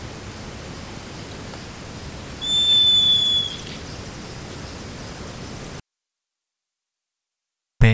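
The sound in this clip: Bird call, a single clear, level whistle lasting about a second over steady hiss.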